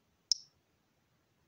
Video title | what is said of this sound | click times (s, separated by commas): Прекрасный нож фирмы MAM. Невесомый нож для путешествий. | Такой щелк прям, такой, как, не знаю, маленький шарик, что ли, какой-то лопается. | 0.3 s